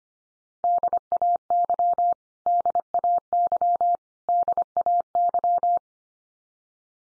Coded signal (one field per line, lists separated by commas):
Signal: Morse code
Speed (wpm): 25 wpm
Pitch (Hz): 700 Hz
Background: none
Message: DAY DAY DAY